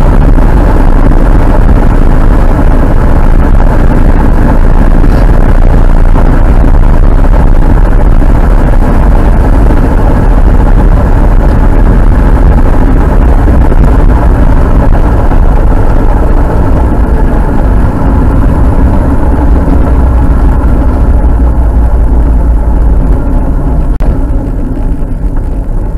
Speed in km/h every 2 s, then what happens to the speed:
76, 73, 73, 71, 71, 69, 68, 56, 51, 45, 36, 26, 18.
0-26 slows to 18.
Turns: none.